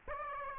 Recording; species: mosquito wingbeat signal from an infrared sensor; Aedes aegypti